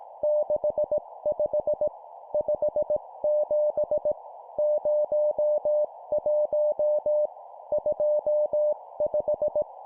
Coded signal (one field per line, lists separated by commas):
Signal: Morse code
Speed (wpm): 18 wpm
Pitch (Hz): 600 Hz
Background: music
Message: 65 57 01 25